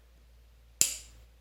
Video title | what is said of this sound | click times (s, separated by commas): Peloton Calibration Instruction Video | right now it's clicked | 0.8 s